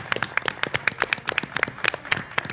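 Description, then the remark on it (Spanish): A short burst of audience applause for the person who made the snacks, who is present: many hands clapping in quick, uneven, crisp bursts at a steady moderate loudness, with no one talking over it. “Y yo quiero que le demos un aplauso al artista que ha hecho todo esto porque está aquí presente y, joder, que están muy ricos, por favor.”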